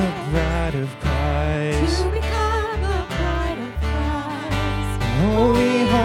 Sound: echo